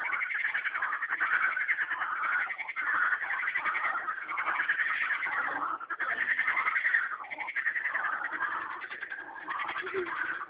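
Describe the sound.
Frog calling in a steady, dense stream of rattling, pulsed notes with only short lulls.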